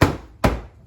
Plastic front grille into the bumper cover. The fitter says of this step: just give it a little push like that it'll snap into place go do the other side